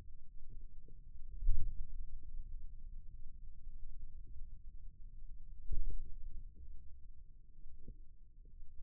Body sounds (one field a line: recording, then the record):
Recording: forearm muscle sounds (acoustic myography)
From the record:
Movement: ulnar deviation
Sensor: system 2, bracelet of six BSWA MPA416 microphones around the upper forearm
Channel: 1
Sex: male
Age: 22 years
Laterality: right